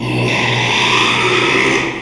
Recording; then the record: squeal of a Yucatan mini pig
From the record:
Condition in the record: after surgery on the right vocal fold (resection and tissue-engineered implant); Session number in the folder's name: 1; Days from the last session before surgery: 6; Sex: male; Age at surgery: 12 weeks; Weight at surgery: 13 kg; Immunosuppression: cyclosporine, prednisolone